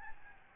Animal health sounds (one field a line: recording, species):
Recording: mosquito wingbeat signal from an infrared sensor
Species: Aedes albopictus